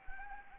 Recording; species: mosquito wingbeat signal from an infrared sensor; Anopheles arabiensis